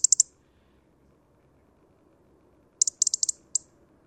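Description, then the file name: European robin giving crisp high tick notes: three quick ticks at the start, then a longer run of about seven after a pause. "Erithacus rubecula"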